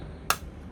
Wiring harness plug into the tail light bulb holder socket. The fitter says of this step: Just want to plug this back in until it clicks